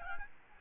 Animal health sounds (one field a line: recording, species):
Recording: mosquito wingbeat signal from an infrared sensor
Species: Aedes albopictus